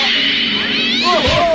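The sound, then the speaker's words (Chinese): A cat aboard a ship in the 1987 City Hunter cartoon yowls in a drawn-out, wavering cry, then gives a shorter rising meow near the end, loud over steady background noise. “系只猫嚟噶， 边个攞上船噶？”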